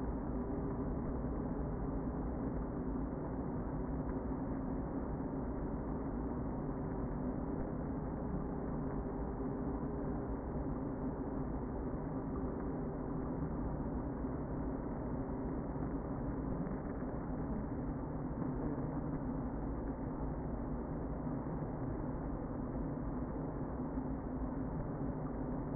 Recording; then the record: honeybee colony, microphone inside the hive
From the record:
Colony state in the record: queen present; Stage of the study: before two queens were removed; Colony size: about 60,000 bees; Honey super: yes